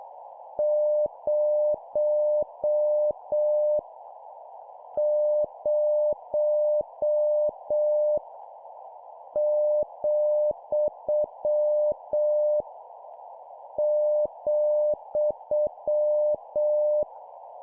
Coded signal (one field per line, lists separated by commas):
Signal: Morse code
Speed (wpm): 7 wpm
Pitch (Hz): 600 Hz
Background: none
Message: 0 0 , ,